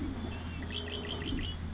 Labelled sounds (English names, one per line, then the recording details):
Red-winged Blackbird
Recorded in Sonoma County, California